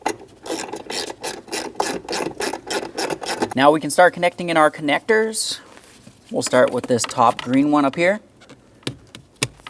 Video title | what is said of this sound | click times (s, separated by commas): How to Replace AC Compressor Kit 2006-2011 Honda Civic | press it in listen for a click | 9.4 s